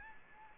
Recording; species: mosquito wingbeat signal from an infrared sensor; Anopheles gambiae